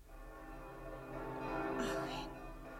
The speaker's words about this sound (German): Hör die Glocken. Es könnten Hochzeitsglocken sein. So schön.